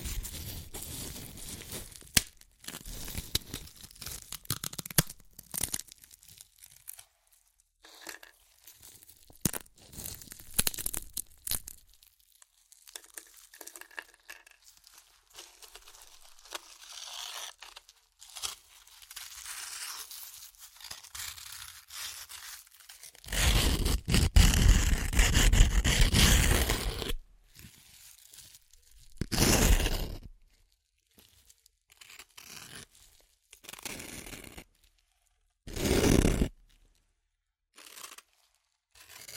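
Crunchy chips being crushed and crinkled in bursts, with sharp crackles, quieter gaps, and a long loud crushing stretch around 23–27 seconds.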